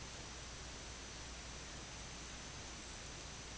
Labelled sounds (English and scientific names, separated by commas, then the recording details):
White-rumped Sandpiper (Calidris fuscicollis)
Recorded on Arctic tundra, site IGLO-D, on 17 June 2018
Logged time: 00:00